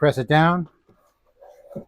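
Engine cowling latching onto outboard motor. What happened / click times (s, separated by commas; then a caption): Cover being pressed down; no latch click yet / none. Someone talks while the engine cowling of a 2016 Mercury 40hp four-stroke outboard motor is being pressed down onto the motor to reinstall it after the high and low pressure fuel filters were replaced. After the talk there is a short pause, then faint low handling noise toward the end. The clip ends before the latch clicks shut, so nothing has seated or clicked yet.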